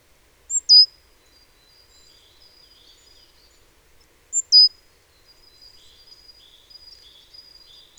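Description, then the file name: Great tit calls: two sharp downslurred notes about four seconds apart, each trailing into a thin, wavering high tone. "Parus major"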